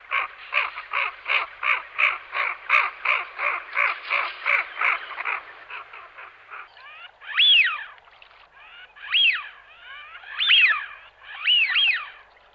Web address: jadelmo pajaros Anade silbon